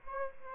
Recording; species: mosquito wingbeat signal from an infrared sensor; Aedes albopictus